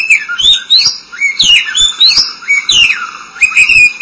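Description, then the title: Oriental magpie-robin song of loud, clear whistles that sweep up and down, given in flowing phrases over a steady high-pitched hum. Song (kicauan). "Suara Kicauan Burung Kacer Durasi Panjang"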